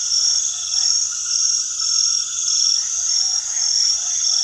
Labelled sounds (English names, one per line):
none